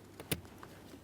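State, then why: Seated. A gray wiring harness plug is lined up and pressed into the plastic blower motor module of a 2013-2020 Ford Fusion. A sharp click at 0.3 s stands out, with fainter ticks around it. The connector is seated and locked in.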